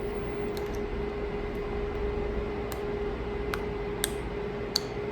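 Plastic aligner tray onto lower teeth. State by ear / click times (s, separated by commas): seated / 3.5 s, 4.0 s, 4.8 s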